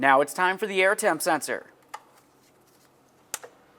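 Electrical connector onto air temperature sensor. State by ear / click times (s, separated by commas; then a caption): seated / 3.3 s. Someone talks, then an electrical connector is pushed onto the intake air temperature sensor of a 2005-2010 Dodge Dakota during an ignition coil replacement. A faint tap comes at 1.9 s and a sharp click at 3.3 s, with a softer follow-up tick just after. The connector is seated and secure.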